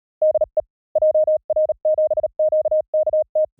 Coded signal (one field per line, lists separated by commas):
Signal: Morse code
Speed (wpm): 37 wpm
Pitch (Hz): 620 Hz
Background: none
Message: DE JR7QKT